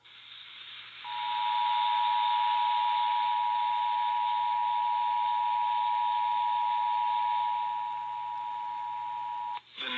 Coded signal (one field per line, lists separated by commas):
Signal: Emergency Alert System (SAME) tones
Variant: 853 and 960 Hz attention tone